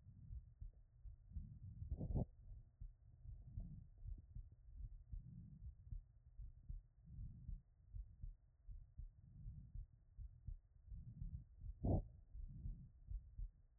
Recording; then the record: heart sounds by stethoscope after running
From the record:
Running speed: 5 mph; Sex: female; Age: 30 to 39 years